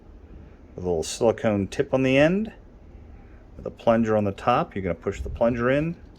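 Someone talks while handling a desoldering pump, or solder sucker, that has a small silicone tip and a spring plunger on top; it is used for resoldering old pins on vacuum tubes. The plunger is about to be pushed down to latch and cock the pump, but it has not clicked into place yet.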